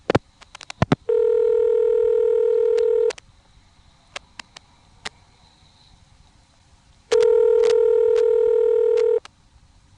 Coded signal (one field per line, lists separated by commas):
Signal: telephone call progress tone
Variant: North America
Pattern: ringback tone